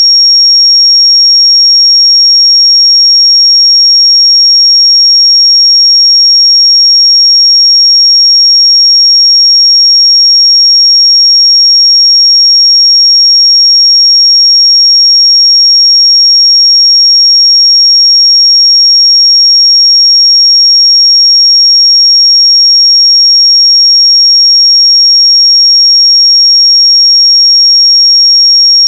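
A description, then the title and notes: A pure 5570 Hz sine tone holds perfectly steady and piercingly high for the whole stretch, unchanging in pitch and loudness, with nothing else. 5570 Hz 1 Hz Interval Sine Pure Tone Frequency 441000 Sample Mono.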